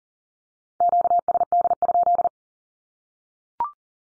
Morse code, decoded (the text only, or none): QSD?